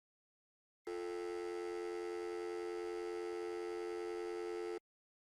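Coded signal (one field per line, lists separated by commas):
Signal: telephone call progress tone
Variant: North America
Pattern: dial tone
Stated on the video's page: Phone sound effects: dial tone, busy signal and ringing.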